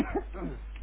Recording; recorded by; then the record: voluntary cough; telephone call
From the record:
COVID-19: positive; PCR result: checked with the laboratory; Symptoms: yes